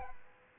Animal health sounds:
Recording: mosquito wingbeat signal from an infrared sensor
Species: Aedes albopictus

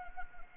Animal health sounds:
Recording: mosquito wingbeat signal from an infrared sensor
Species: Anopheles arabiensis

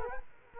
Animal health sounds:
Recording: mosquito wingbeat signal from an infrared sensor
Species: Culex quinquefasciatus

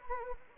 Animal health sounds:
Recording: mosquito wingbeat signal from an infrared sensor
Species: Anopheles gambiae

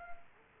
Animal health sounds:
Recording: mosquito wingbeat signal from an infrared sensor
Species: Culex quinquefasciatus

